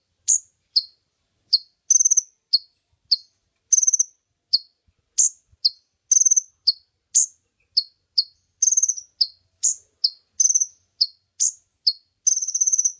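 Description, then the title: Oriental magpie-robin song: a lively, continuous string of sharp high chirps and short whistles, varying in pitch and tightly repeated, with no other sounds. Champion bird singing actively and constantly ('gacor'); masteran (tutor) song. "Kacer Juara Gacor"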